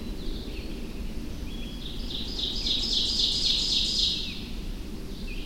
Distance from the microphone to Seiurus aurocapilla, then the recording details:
about 25 m. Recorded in boreal forest in Alberta, Canada, on 25 June 2016 at 07:16. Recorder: SongMeter 3, array SBT-6-76. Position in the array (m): 15 m, 116 m. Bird 2